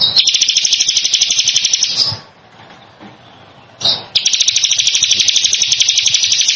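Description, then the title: Bar-winged prinia giving a high, buzzy rattling trill of quick repeated notes, broken by a quieter gap of low rustling noise before the trill resumes. "Ciblek Sawah"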